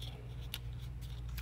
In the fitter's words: you hear it click there